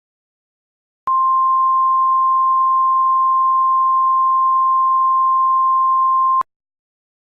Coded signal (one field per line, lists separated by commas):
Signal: Emergency Alert System (SAME) tones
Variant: 1050 Hz attention tone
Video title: EAS Scenario: True Origin